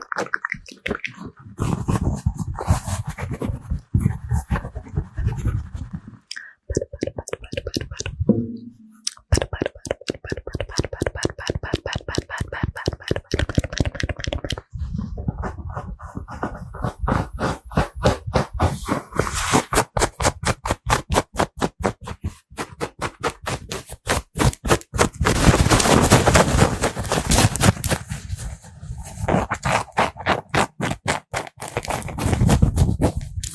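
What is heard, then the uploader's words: Fast, aggressive ASMR with mouth sounds: rapid wet clicks and smacks in quick bursts, dense and irregular throughout. A short pause comes near seven seconds, then a rapid regular clicking run from about fifteen seconds, with louder crowded bursts around twenty-five seconds. FAST AND AGGRESSIVE ASMR(with Mouth Sounds).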